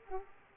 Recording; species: mosquito wingbeat signal from an infrared sensor; Aedes aegypti